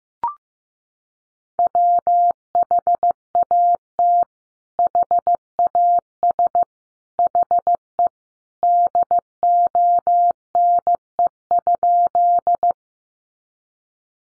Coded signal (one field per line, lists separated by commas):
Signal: Morse code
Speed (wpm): 15 wpm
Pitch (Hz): 700 Hz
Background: none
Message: WHAT HAS HE DONE?